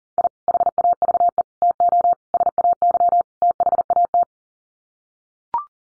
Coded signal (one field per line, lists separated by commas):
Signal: Morse code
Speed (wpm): 40 wpm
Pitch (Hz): 700 Hz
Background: none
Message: I HAVE TO SAY THAT